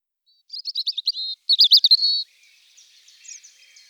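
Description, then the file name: European robin song: a quick run of high, thin twittering notes, a brief pause, then a brighter trilled phrase ending in a sustained whistle, followed by faint fading warbles. "Jean Roch - Rougegorge"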